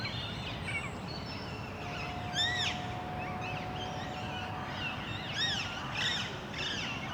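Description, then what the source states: Parakeet calls: a few sharp arched screeches, mostly around the middle and end, over a constant low rumble and a faint steady tone. Recorded in Parc Duden, Forest, Brussels, Belgium, just before nightfall; Zoom MicTrak M4 internal XY microphones.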